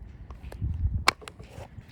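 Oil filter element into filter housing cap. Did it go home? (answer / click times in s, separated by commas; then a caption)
yes / 1.1 s. A new paper oil filter element for a 2013 Jeep Wrangler is pushed down into its plastic filter housing cap during an oil change. Low handling rumble and a few faint taps build up until one sharp, bright click at 1.1 s, followed by a softer tick just after. The element is seated in the cap.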